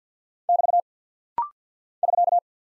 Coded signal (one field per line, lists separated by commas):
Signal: Morse code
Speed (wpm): 48 wpm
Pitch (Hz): 700 Hz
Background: none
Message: <BT> <SK>